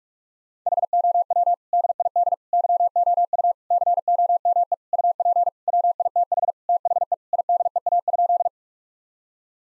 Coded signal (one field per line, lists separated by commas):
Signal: Morse code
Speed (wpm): 41 wpm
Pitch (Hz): 700 Hz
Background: none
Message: HOW DID YOU COME UP WITH THE IDEA?